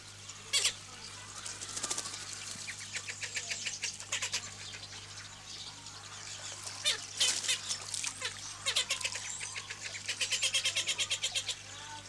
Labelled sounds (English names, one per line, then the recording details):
Blue-billed Teal aggressive call
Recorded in captivity
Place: Zoo Berlin, Berlin, DE
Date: 2006-06-07 16:45
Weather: fair, 16°C
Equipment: Grundig CR 110, Sennheiser ME 80, Kopie Uher 4000 Report Monitor
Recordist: Tembrock, Günter